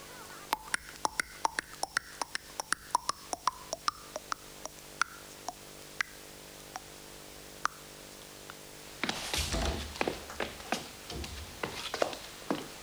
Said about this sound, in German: Ich höre eine Kutsche.